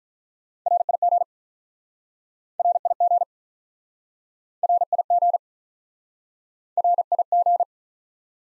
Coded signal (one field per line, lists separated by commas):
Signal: Morse code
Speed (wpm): 47 wpm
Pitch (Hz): 700 Hz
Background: none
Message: RIG RIG RIG RIG